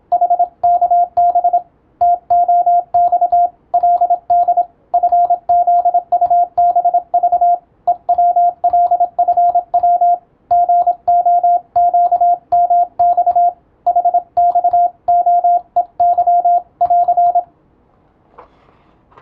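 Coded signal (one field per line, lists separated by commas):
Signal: Morse code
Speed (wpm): 27 wpm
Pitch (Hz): 700 Hz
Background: radio noise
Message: HKB TOXLD FZUBV EWLFW GOQMX HXOEY<AR>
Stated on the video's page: Morse receiving practice using European-language telegram practice text, as in radiotelegraph operator training.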